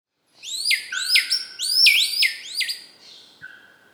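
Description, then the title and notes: Bird song: bright, sharply down-slurred whistled notes in a quick overlapping series, with a steady lower whistle beneath and a brief second whistle near the end. Birds singing in tropical forest on Ilha Grande, Brazil; species unknown. "Chants d'oiseaux dans la forêt tropicale de ilha grande, Brésil"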